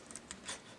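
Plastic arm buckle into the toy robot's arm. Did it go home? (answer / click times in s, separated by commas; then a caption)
no / none. The small plastic buckle on the arched arm board of a transforming robot toy is handled as the board is rotated 180 degrees to the outside of the arm to be fastened. Light plastic ticks come at about 0.1, 0.2 and 0.3 seconds, followed by a brief scraping rustle around 0.5 seconds. Nothing has seated or clicked yet.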